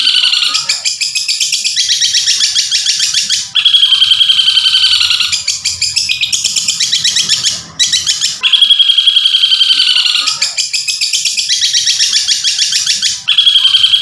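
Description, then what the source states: Long-tailed shrike song: long phrases of fast, harsh, high-pitched trilling chatter, each running several seconds before a short break and restart. Masteran (training recording) of cendet song.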